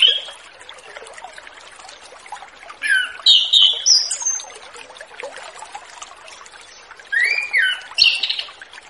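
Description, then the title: Orange-headed thrush singing: clusters of melodic, warbled whistles, some upslurred, with quiet gaps between them. A light trickling hiss is present throughout. Relaxed, fluent (ngeplong santai) singing used as a lure to prompt young orange-headed thrushes just out of spotted juvenile plumage (lepas trotol) to sing. "Anis Kembang Ngeplong Santai , Untuk Pancingan Anis Kembang Lepas Trotol"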